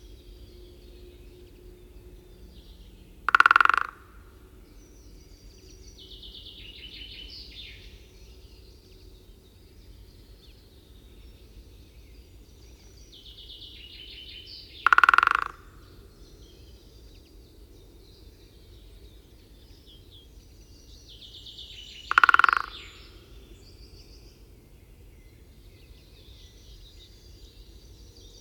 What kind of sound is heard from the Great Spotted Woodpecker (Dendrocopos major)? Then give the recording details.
drumming. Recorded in the wild. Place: Putbus, Insel Rügen, Mecklenburg-Vorpommern, DE. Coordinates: 54.38, 13.458. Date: 1974-05-02. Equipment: Nagra III BH, Sennheiser MD 21, parabola. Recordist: Schubert, Michael